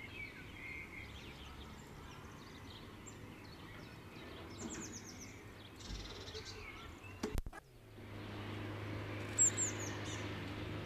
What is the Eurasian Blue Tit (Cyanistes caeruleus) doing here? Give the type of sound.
song